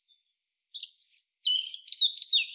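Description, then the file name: European robin song, a few high thin notes leading into a rich warbling run of slides and trills, with no other sounds. "Erithacus rubecula"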